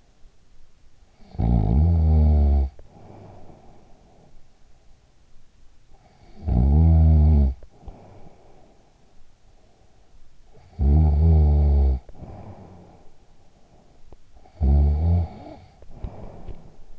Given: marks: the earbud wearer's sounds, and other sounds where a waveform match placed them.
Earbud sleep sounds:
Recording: sounds in sleep by an in-ear microphone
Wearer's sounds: snoring breath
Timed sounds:
0.96-4.94 s: snoring breath
5.79-9.45 s: snoring breath
10.19-13.74 s: snoring breath
14.19-16.99 s: snoring breath

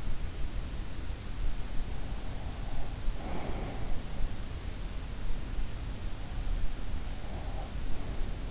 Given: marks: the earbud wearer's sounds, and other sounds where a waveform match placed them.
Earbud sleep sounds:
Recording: sounds in sleep by an in-ear microphone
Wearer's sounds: breath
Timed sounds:
3.08-4.05 s: breath

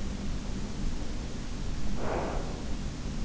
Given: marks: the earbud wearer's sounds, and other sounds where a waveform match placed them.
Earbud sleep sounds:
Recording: sounds in sleep by an in-ear microphone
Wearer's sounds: breath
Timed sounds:
1.24-3.17 s: breath

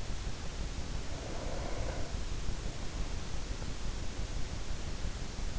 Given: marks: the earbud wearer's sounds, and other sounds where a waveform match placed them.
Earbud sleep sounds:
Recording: sounds in sleep by an in-ear microphone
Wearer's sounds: breath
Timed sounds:
0.86-3.33 s: breath

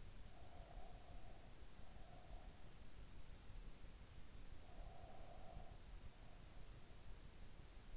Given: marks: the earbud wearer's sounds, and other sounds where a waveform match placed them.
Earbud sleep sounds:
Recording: sounds in sleep by an in-ear microphone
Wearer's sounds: breath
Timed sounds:
0.00-2.66 s: breath
4.44-7.04 s: breath

